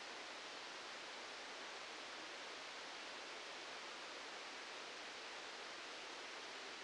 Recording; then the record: brain microelectrode recording played as sound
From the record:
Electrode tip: outside the subthalamic nucleus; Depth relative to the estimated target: -8 mm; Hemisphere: right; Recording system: NeuroSet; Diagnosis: Parkinson's disease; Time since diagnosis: 13 years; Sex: male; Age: 65 years